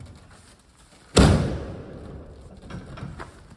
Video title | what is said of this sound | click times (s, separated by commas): Sask Winter Update - My 100th Video! | Sometimes it doesn't latch. There we go. | 1.2 s